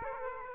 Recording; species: mosquito wingbeat signal from an infrared sensor; Aedes aegypti